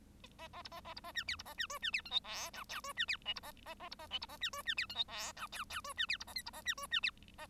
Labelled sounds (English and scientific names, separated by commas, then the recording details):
Bengalese Finch (Lonchura striata domestica) song
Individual Bird1